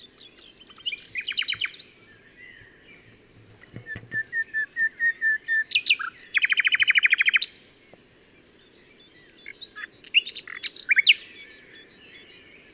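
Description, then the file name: Common nightingale song: several varied phrases with whistled notes and a dense rapid trill, broken by pauses; a dull thump sounds once midway. "Luscinia megarhynchos"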